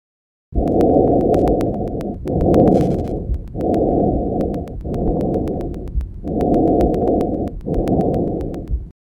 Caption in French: Entendu au niveau de la portion extrathoracique de la trachée. Il est intense de haute tonalité et entendu aux deux temps. Écoutez encore le bruit trachéal normal.